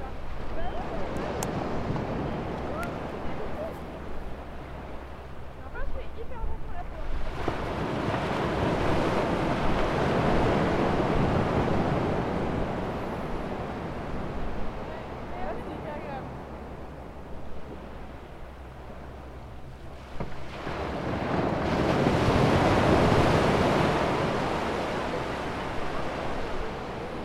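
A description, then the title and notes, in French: Waves wash in and out, swelling into broad rushing surges around 7 to 14 seconds and again from about 21 to 26 seconds, with quieter lulls between. A steady low rumble, like wind on the microphone, runs underneath, and a few brief clicks sound early on. L'île d'Houat, d'une superficie de 2,91 km² est situé en Bretagne. Le son des vagues.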